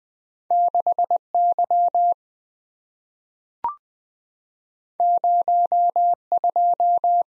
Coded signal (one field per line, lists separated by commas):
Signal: Morse code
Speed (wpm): 20 wpm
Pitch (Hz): 700 Hz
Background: none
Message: 6Y 02